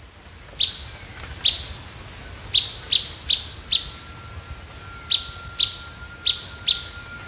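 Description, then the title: Blackish pewee repeating brief high pip notes, about ten in an uneven series, with a continuous shrill insect chorus behind. Subspecies canescens. "LuckyPassaro Completos2Sama. Blackish Pewee"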